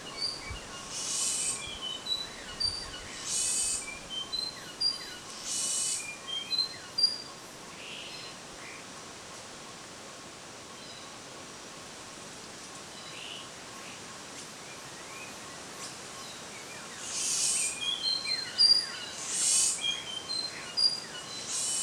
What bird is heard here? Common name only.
Forest Weaver